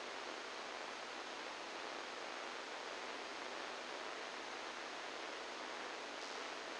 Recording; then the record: brain microelectrode recording played as sound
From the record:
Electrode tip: inside the subthalamic nucleus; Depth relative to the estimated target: -3 mm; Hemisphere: right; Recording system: NeuroSet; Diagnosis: Parkinson's disease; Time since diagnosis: 10 years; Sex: male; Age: 63 years